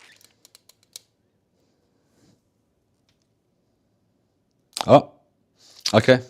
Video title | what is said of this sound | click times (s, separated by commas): Xbox Controller Case Mod & Nerding Out | I gave it a wiggle and it popped into place. | 1.0 s